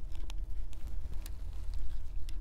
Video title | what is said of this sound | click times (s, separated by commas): HPE ProLiant DL360 Gen9 Gen9 Server Review & Overview - Memory Install Tips - How to Configure RAM | wasn't a very loud click but there's another click on this side so those two clicks uh basically | 0.3 s, 2.3 s